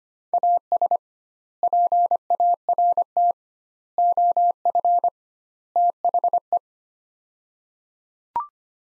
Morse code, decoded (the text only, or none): AS PART OF THE